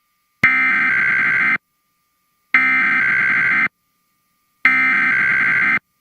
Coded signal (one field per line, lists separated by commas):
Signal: Emergency Alert System (SAME) tones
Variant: header bursts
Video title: PBS Kids Program Break & Emergency Alert System Test (2011 WHYY)